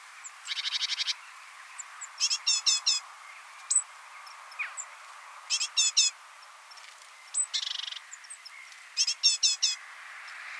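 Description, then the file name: Great tit rasping churr calls in bursts of three or four notes, alternating with thin high whistles and longer buzzy note series. "Parus major"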